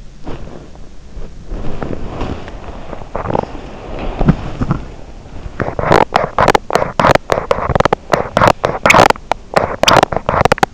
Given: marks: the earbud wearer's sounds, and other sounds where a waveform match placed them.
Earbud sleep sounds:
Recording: sounds in sleep by an in-ear microphone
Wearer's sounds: body movement, teeth grinding, breath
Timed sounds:
0.00-5.76 s: body movement
4.16-4.91 s: teeth grinding
5.53-9.41 s: teeth grinding
8.29-8.89 s: breath
9.49-10.74 s: teeth grinding

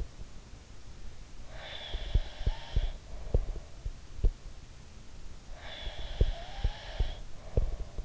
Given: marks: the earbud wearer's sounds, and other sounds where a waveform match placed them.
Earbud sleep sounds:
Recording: sounds in sleep by an in-ear microphone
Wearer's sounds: breath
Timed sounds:
1.48-4.05 s: breath
1.88-4.32 s: sound from someone else or the room
5.55-8.05 s: breath
6.15-8.05 s: sound from someone else or the room

